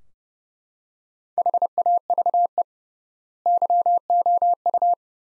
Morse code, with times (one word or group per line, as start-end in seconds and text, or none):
1.4-2.6 HAVE
3.5-4.9 YOU